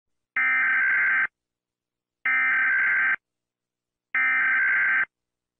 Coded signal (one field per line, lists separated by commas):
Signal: Emergency Alert System (SAME) tones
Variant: header bursts